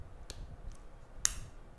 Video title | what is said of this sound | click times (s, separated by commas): Ray Hayden and the Video Bag (Field Video Production) | there's a little click there hopefully you heard that and this it is locked in nice and neat now | 1.3 s